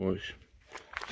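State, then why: Seated. Someone talks as a battery pack is pushed into an Einhell AGILLO 36/255 BL cordless string trimmer during preparation. A sharp, short click at 1.0 s marks the pack seating in place.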